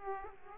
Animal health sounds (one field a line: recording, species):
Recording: mosquito wingbeat signal from an infrared sensor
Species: Aedes aegypti